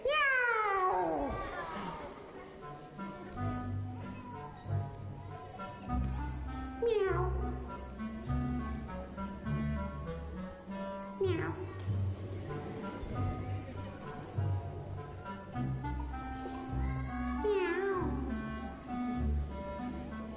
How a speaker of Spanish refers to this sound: él apareció un... un gato. Gatito, diría yo.